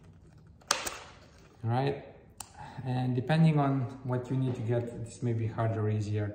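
A Polaroid instant film back is pushed toward the front onto an RZ67 medium-format camera body against the lock ring, meeting a little resistance, and gives one sharp click at 0.7 s as it seats. Someone then talks over quiet background.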